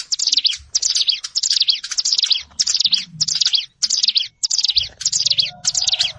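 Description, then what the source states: Plain prinia song: dense, high-pitched chattering phrases in rapid bursts, repeated nearly back to back with brief gaps, with faint low rumbling beneath. Recorded in a rice field (sawah).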